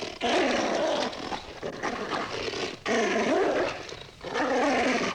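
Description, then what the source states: Dog snarling in three rough, wavering bursts with brief pauses between. Dog snarling and attacking.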